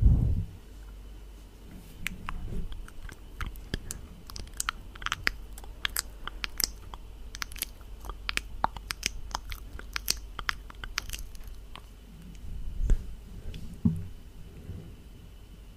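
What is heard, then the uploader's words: Close mouth sounds: wet clicks, smacks and crunchy chewing bursts repeat irregularly throughout, densest between about 2 and 11 seconds. A low rumble swells at the start and again around 13 seconds, under a faint steady hum. ASMR Heavenly Close MOUTH SOUNDS.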